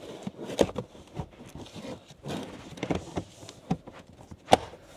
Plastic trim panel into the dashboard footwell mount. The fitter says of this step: et ici ça se clipse